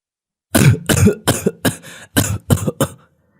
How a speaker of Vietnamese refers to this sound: Người đàn ông nghe tôi hỏi thì bỗng ho sặc sụa.